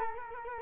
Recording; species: mosquito wingbeat signal from an infrared sensor; Culex quinquefasciatus